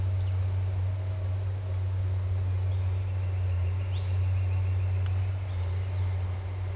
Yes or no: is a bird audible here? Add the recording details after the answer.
no. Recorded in secondary vegetation near Puerto Asís, Putumayo, Colombia, on 21 December 2024 at 07:00. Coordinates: 0.468, -76.324. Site G095